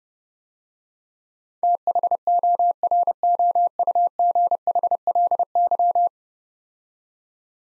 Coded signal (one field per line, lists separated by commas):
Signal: Morse code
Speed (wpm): 30 wpm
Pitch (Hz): 700 Hz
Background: none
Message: THOROUGHLY